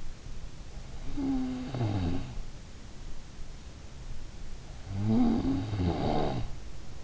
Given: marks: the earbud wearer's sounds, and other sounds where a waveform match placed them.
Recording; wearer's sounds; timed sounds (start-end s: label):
sounds in sleep by an in-ear microphone; snoring breath
0.70-2.88 s: snoring breath
4.31-7.04 s: snoring breath